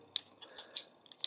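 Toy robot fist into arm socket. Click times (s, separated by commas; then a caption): 0.2 s. The fist of a plastic transforming robot toy is pushed back into its arm socket during transformation and snaps into place with a sharp, loud click at 0.2 s. Fainter plastic ticks follow at about 0.4, 0.8, 1.1 and 1.2 s. The fist is seated.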